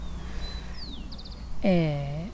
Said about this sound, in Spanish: Y se escuchan los pájaros y tenemos enfrente el río y la mariposa y así, es como todo el tiempo rodeados, recontra rodeados de esto.